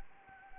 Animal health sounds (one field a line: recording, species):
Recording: mosquito wingbeat signal from an infrared sensor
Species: Anopheles arabiensis